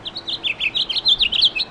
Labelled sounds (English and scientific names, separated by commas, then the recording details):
House Finch (Haemorhous mexicanus) song
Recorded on Long Island, New York, on 17 May 2012
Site AB
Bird C